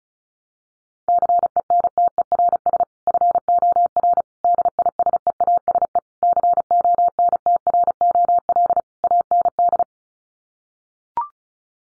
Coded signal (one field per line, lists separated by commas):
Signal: Morse code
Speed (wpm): 34 wpm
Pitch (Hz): 700 Hz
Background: none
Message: CENTERS FOR DISEASE CONTROL AND